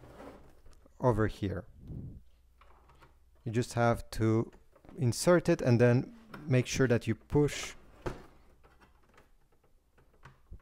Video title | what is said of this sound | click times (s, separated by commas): Epson XP-4200 Printer: Unboxing + Full Wi-Fi Setup + How to Print and Scan | until it clicks in place and it's secure | 8.1 s